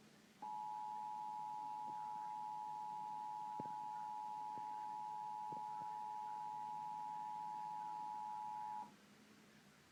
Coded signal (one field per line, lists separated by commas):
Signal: Emergency Alert System (SAME) tones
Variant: 853 and 960 Hz attention tone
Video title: Lady Gaga performs on first Emergency Alert System